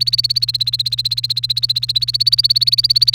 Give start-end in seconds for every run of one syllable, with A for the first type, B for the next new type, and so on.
0.00-3.14 A